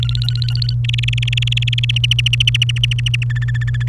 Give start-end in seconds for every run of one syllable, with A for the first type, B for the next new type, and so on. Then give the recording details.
0.03-0.73 A, 0.84-1.98 B, 2.03-3.24 C, 3.30-3.88 D. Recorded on 29 April 2018 at 15:49. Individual llb3